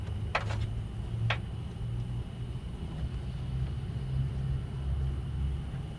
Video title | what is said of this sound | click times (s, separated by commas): 2011 Honda Accord Low Beam Headlight Bulb Replacement (The Easy Way) | give it a turn you can feel it snap into place | 0.4 s, 1.3 s